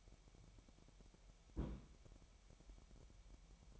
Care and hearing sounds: daily activity, microphone in the room; place on stove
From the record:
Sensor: 1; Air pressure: 1012.1 hPa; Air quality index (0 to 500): 221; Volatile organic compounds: 5 ppm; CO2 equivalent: 1766 ppm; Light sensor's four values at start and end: 66/158/66/68 and 66/158/66/68

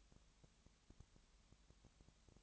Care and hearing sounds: daily activity, microphone in the room; no activity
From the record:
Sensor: 3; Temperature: 20.6 degrees Celsius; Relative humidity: 34.7%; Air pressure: 1007.2 hPa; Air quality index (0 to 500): 137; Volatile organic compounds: 3 ppm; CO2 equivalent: 1530 ppm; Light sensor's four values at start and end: 2/3/2/2 and 2/3/2/2

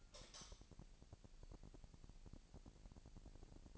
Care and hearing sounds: daily activity, microphone in the room; light on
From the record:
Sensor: 5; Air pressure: 1002.0 hPa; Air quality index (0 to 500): 238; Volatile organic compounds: 38 ppm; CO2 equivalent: 3108 ppm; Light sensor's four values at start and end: 16/38/15/17 and 16/39/16/17

